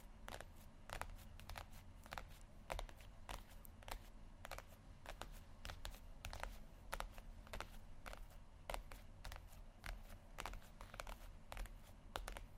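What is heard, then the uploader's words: Tapping continues throughout, a busy stream of short, sharp taps with no steady beat, sometimes in quick clusters and sometimes spaced apart. Some taps land crisper and louder than others. A low rumbling hum sits underneath the whole time. ASMR Tapping Only Sleep Time（No Talking）.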